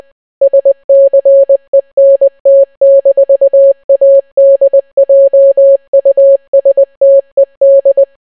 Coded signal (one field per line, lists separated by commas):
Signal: Morse code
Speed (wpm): 20 wpm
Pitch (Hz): 550 Hz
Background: none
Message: SCENT-ADJUSTED